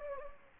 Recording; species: mosquito wingbeat signal from an infrared sensor; Anopheles gambiae